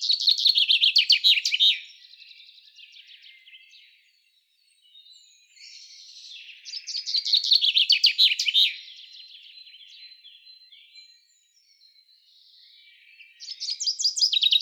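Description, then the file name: Common chaffinch singing three rattling trilled phrases, the last cut off, separated by quieter pauses with faint chirps. "Fringilla coelebs"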